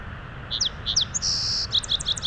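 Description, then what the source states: Song sparrow song opening with a few sharp introductory notes, followed by a long sustained note and a quick tumbling series of high notes, with faint steady background noise. Big Meadows beside small snowmelt-fed streams, west side of Rocky Mountain National Park, Colorado; song in three parts: introductory notes, trill, closing jumble; sounds like Lincoln's sparrow.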